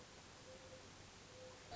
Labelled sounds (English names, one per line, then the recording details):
Mourning Dove
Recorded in Sonoma County, California